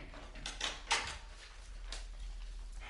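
A door opens with a couple of short wooden knocks and scrapes, the sharpest clunk about a second in, followed by a softer shuffle over a low steady hum.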